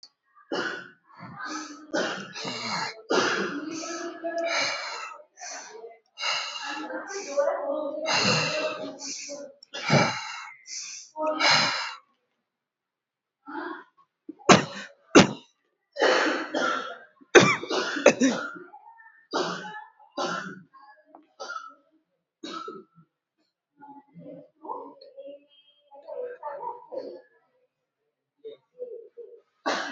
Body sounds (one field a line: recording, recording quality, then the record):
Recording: deep breathing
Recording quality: moderate, slight background noise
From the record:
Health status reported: exposed to COVID-19, no respiratory illness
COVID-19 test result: negative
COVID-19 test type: RT-PCR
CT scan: not taken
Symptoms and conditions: diabetes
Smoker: no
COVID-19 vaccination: none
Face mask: not worn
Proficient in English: yes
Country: India